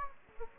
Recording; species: mosquito wingbeat signal from an infrared sensor; Anopheles gambiae